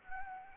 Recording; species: mosquito wingbeat signal from an infrared sensor; Anopheles gambiae